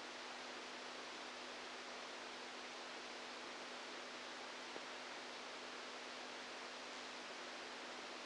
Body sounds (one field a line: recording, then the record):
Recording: brain microelectrode recording played as sound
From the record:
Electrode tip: outside the subthalamic nucleus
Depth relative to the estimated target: -6 mm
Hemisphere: right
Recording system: NeuroSet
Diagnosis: Parkinson's disease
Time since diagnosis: 8 years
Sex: male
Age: 46 years